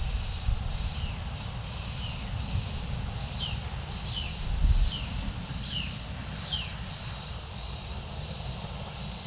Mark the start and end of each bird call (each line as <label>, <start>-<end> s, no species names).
bird call, 0.87-2.46 s
bird call, 3.20-6.72 s